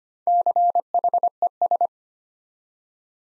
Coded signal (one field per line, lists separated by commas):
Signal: Morse code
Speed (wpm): 25 wpm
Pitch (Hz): 700 Hz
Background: none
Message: CHES